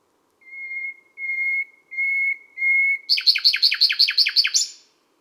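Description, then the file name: Common nightingale delivering four drawn-out, swelling whistles followed by a fast, harsh rattling burst of repeated notes. Sung at midnight at Les Salelles, Ardèche. "Rossignol-philomele-a-minuit-Les-Salelles-Ambiances-Sonores-d Ardeche-Studio-Les-Trois-Becs"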